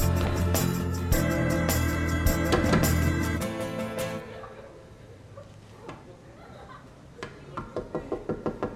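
Loud music fades out, and after a quiet stretch comes a quick, steady run of about seven knocks on a dormitory room door, each sharp and evenly spaced.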